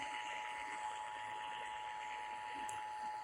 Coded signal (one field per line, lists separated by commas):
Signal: Emergency Alert System (SAME) tones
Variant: 853 and 960 Hz attention tone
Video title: NO MORE KUED MADNESS FOR NOW... Broadcast Radio EAS: Required Monthly Test (EAS #654-656)